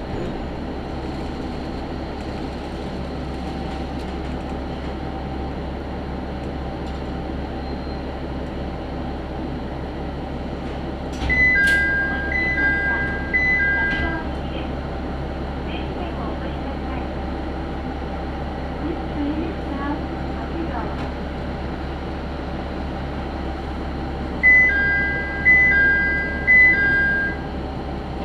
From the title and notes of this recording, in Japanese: 宝くじ号で移動 天竜浜名湖鉄道 金指→天竜二俣。念願の宝くじ号（現在は新・スローライフトレイン号）に乗車できました。